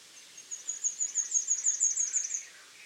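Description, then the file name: Great tit calls: a rapid run of thin, very high notes, about a dozen over two seconds, swelling then fading, with quiet background. "Parus major"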